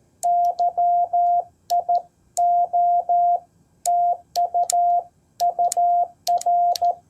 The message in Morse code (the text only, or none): YIO TU UR